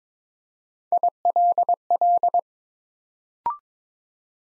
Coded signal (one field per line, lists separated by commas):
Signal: Morse code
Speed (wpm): 22 wpm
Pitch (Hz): 700 Hz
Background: none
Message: ILL